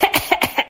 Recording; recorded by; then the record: voluntary cough; messaging app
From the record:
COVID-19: negative